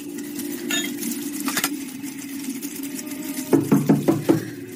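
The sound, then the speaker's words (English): Someone raps on a door five times in a quick, even burst of firm knocks near the end, over a low steady hum that runs throughout. “Oh, no. There's somebody at the door.”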